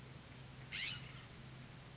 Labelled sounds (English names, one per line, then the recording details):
California Scrub-Jay
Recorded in Sonoma County, California